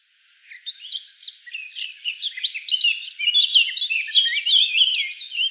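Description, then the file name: Eurasian blackcap singing: after a quiet start, a continuous jumble of high, scratchy chirps and whistled slurs grows louder and denser throughout. "Sylvia atricapilla"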